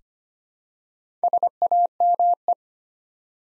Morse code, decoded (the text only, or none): SAME